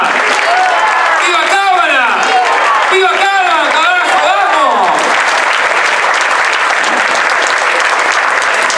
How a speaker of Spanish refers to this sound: Muchísimas gracias, señor gobernador. Renovamos el aplauso, Muchas gracias por la visita.